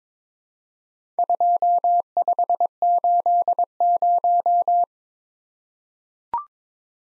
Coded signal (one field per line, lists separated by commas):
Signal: Morse code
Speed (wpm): 23 wpm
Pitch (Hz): 700 Hz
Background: none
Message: 2580